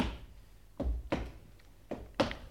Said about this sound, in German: Entschuldigung, dieses Schicksal, verehrte Hörer, wird bestimmt von den Schritten, die sich soeben mit gefährlicher Markanz der Couch nähern.